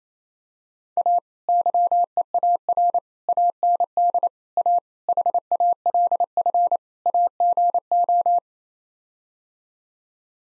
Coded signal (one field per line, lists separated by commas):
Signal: Morse code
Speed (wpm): 28 wpm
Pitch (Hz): 700 Hz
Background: none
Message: A YEAR AND A HALF AGO